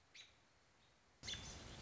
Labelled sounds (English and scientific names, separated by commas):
American Robin (Turdus migratorius)